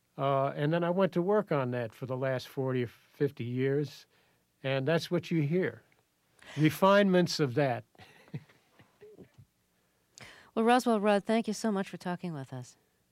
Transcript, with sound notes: And then I went to work on that for the last 40 or 50 years. And that's what you hear, refinements of that (laughter).
Well, Roswell Rudd, thank you so much for talking with us.